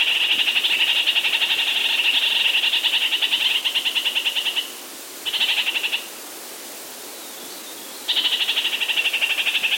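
Red-crowned parakeet calls: a long rapid chattering run, a short burst, then another run of quick repeated high notes.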